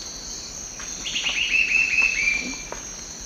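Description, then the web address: Red-billed scythebill song: a fast series of clear notes sliding steadily downward over about one and a half seconds, over a constant high insect hum. Immature bird singing, Eastern Lowlands of South America. "Natures Songs S America Eastern Lowlands. Campylorhamphus trochilirostris"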